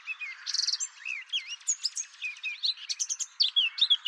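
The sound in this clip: Bird song of quick high whistles, a buzzy burst near the start, then down-slurred and up-slurred notes tumbling in a fast, varied stream.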